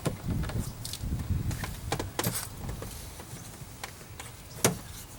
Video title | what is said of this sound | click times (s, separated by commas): Replace 1993-1997 Nissan Altima Power Window Regulator, How to Change Install 1994 1995 1996 1997 | our bezel for the interior door handle snaps right into place | 4.6 s